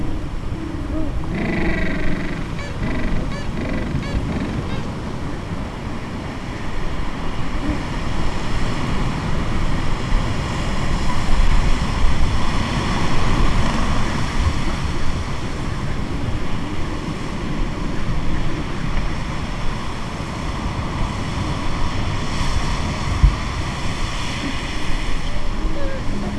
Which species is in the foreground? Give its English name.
Gentoo Penguin